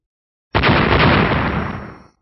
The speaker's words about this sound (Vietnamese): Hư không vang lên một hồi tiếng nổ trầm đục không dứt.